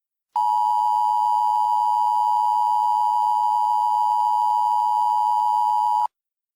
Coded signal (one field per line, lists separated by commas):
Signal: Emergency Alert System (SAME) tones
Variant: 853 and 960 Hz attention tone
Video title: EAS Mock 27: Leftovers